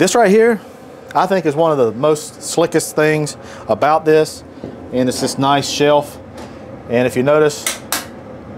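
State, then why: Seated. Someone talks while raising the fold-out side shelf on a 22-inch XL griddle pellet grill combo. A sharp click is heard at 7.9 s as the shelf locks onto the grill frame. The shelf is clicked and locked in and will not fail.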